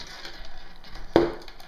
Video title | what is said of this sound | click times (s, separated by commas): GI Tanto Sheath Mods | tanto just slides in and out kind of clicks in place pulls | 1.2 s